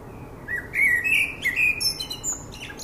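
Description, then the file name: Common blackbird phrase of rich, wavering fluted notes running into a busy, high-pitched squeaky twitter. "Turdus merula"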